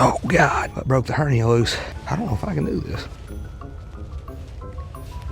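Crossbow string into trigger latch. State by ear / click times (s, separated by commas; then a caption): not seated / none. A crossbow string is pulled back by hand to the trigger latch without a cocking aid while someone talks and strains. The string gets close to the latch, but nothing has seated or clicked into place.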